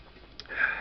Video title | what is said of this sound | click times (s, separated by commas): Taurus Millennium G2 disassembly and maintenance | you'll feel it click there we go you'll feel it click in place | 0.4 s